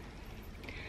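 The two halves of a small metal envelope-shaped necklace pendant are snapped together to enclose a hidden engraved message. Over a steady low background, a short sharp click sounds at 0.7 s as the locket closes. Someone talks around it.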